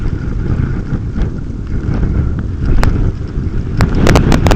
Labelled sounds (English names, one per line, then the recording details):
none
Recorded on Arctic tundra, site UTQI-5, on 28 June 2018
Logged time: 00:00